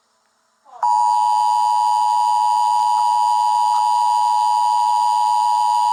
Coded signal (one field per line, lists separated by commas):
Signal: Emergency Alert System (SAME) tones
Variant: 853 and 960 Hz attention tone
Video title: EAS Scenario We Are Here To Catch You